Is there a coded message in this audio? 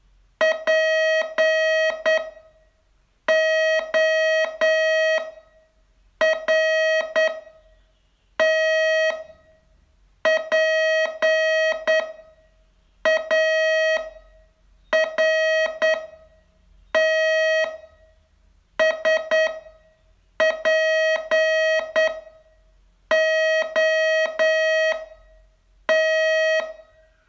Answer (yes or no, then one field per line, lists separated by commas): yes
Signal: Morse code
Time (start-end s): 0.4-26.6 s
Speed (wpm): 9 wpm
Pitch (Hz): 640 Hz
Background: none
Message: PORT PART SPOT